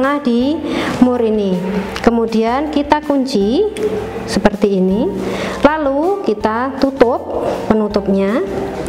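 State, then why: Not seated. Someone talks while handling a field-assembly fast connector for fiber optic cable, locking the cable in place and then reaching to close the connector's plastic cover. Nothing has seated or clicked yet; the cover has not shut by the end of the clip.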